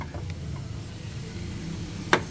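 A turn signal bulb socket on a 2022–2024 Nissan Almera (N18) is removed and twisted back into the headlamp housing against a low, steady background rumble. A sharp click at 2.1 s shows the socket has locked in and is seated.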